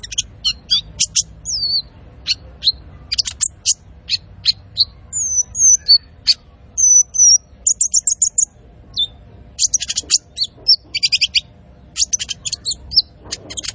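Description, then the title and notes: Van Hasselt's sunbird singing a long, lively run of piercing high chips, thin whistles and rapid stuttering notes, varied and almost unbroken. Masteran recording of a gacor, full-singing bird with fill notes and shots, meant for training cage birds and as a lure. "MASTERAN KOLIBRI NINJA TERBAIK FULL ISIAN DAN TEMBAKAN MEWAH COCOK BUAT PANCINGAN. Suara Burung Kolibri Ninja Gacor"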